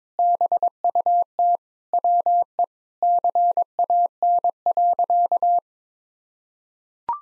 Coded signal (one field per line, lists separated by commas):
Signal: Morse code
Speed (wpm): 22 wpm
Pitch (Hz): 700 Hz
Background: none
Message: BUT WE CAN.